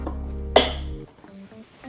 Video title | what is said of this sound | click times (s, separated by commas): "WORKPRO 3-Tier Cart: You WON'T Believe How Easy It Is! (210 LBS)" | that locks in place I don't know if you heard that click or not | 0.6 s